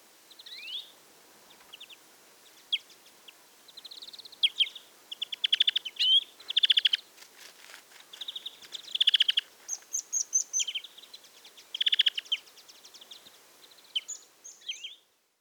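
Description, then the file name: European greenfinch twittering: quick trilled chirps and short buzzy notes in broken bursts, fairly soft, over a faint background hiss. "Chloris chloris"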